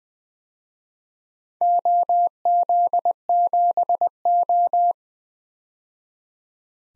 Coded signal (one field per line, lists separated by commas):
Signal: Morse code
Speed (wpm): 20 wpm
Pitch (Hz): 700 Hz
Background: none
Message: OZ7O